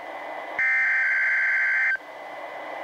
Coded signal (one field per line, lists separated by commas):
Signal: Emergency Alert System (SAME) tones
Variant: header bursts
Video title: EAS #429: NWR Required Weekly Test- Oct. 28, 2020- 11:01AM PDT